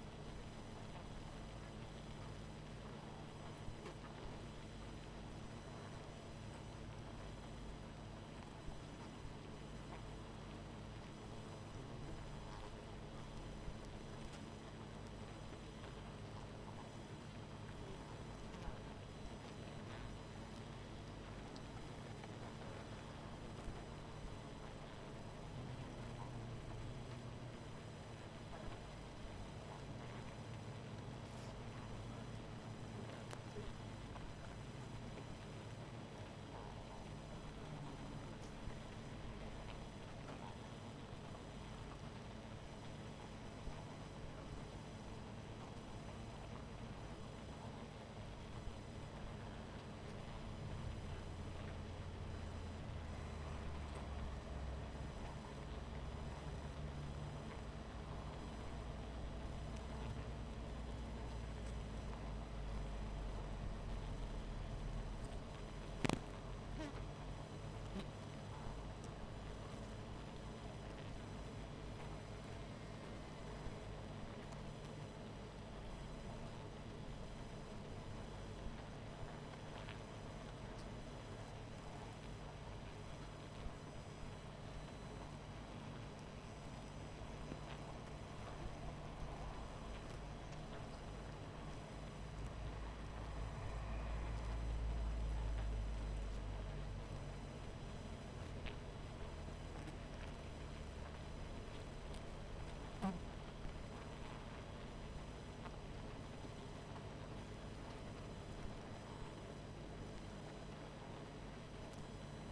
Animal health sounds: honeybee colony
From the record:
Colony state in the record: missing queen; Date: 14 July 2017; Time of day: 20:23

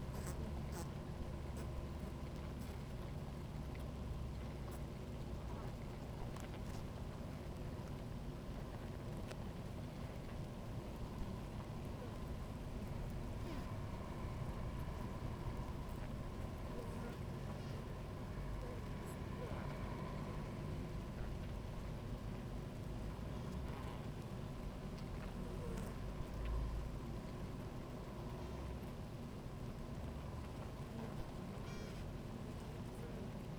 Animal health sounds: honeybee colony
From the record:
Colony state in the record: active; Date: 28 July 2017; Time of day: 17:02

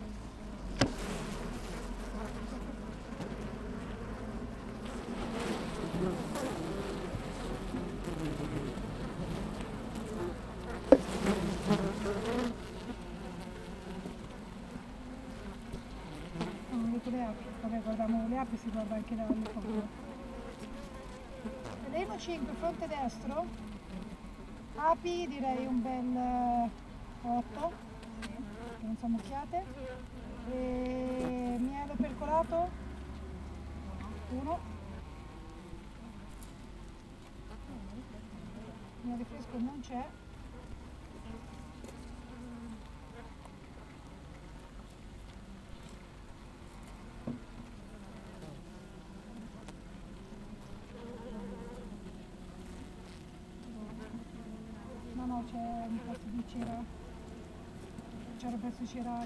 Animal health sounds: honeybee colony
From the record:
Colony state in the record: active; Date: 28 July 2017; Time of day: 8:01

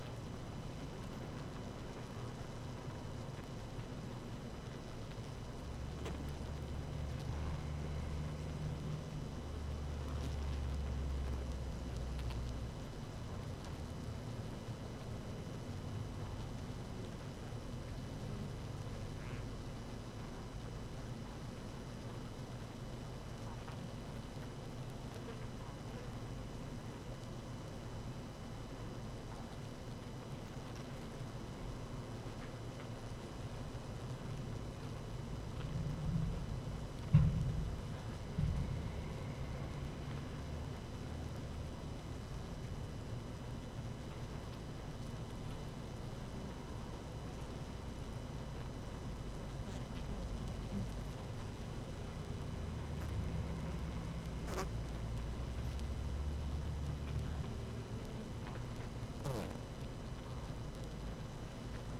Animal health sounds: honeybee colony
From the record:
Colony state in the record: active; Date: 12 June 2018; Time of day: 18:10

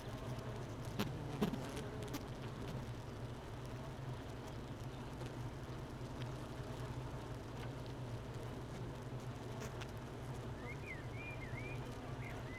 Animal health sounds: honeybee colony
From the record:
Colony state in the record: missing queen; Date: 31 May 2018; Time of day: 9:12

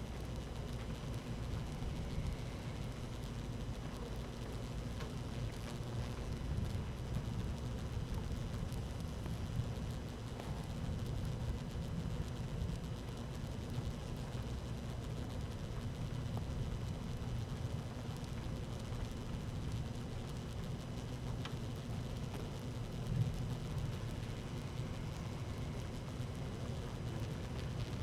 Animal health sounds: honeybee colony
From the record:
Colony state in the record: active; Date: 12 June 2018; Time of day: 13:29

